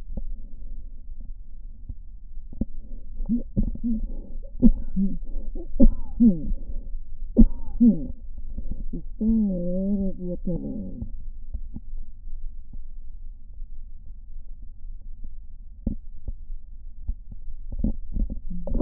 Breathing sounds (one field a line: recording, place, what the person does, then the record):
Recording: lung sounds by stethoscope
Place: right posterior basal chest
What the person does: quiet breathing, then cough and speech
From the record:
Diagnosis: interstitial lung disease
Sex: female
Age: 74 years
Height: 150 cm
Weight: 69.8 kg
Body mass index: 31.0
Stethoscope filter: diaphragm mode